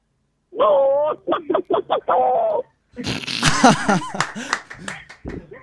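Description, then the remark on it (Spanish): A person vocally imitates a hen trying to fly, mixed with a cow's moo: a run of about six short, tonal clucking bursts, then a louder, raspy stretch of squawking and flapping noises. “No, para mí fue medio gallina intentando volar con una mezcla de vaca también.”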